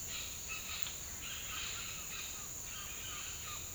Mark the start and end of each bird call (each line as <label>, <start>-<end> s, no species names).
bird call, 0.00-3.74 s